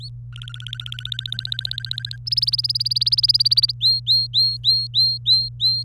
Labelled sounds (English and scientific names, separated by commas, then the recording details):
Domestic Canary (Serinus canaria) song
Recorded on 24 April 2018 at 09:47
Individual llb3